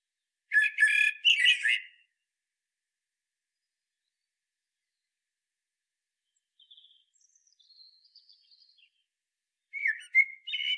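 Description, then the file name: Common blackbird with a loud scratchy warbled phrase, some faint thin high notes in the middle, then another scratchy phrase at the end. "Turdus merula"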